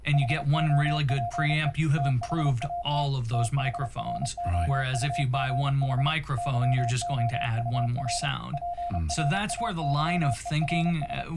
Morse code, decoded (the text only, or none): HOPE THAT THROUGH YOUR PRAYERS